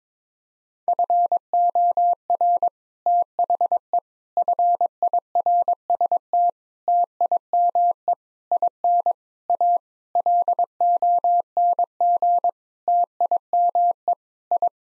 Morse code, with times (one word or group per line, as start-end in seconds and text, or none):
0.9-2.7 FOR
3.1-4.0 THE
4.4-6.5 FIRST
6.9-8.1 TIME
8.5-9.1 IN
9.5-9.8 A
10.2-12.5 LONG
12.9-14.1 TIME
14.5-14.7 I